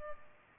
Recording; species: mosquito wingbeat signal from an infrared sensor; Culex pipiens